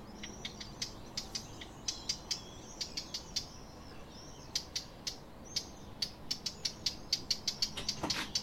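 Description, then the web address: Eurasian blackcap giving hard tacking calls: many dry, sharp clicks repeated irregularly, with faint high notes between them. "SETE data Sylvia atricapilla"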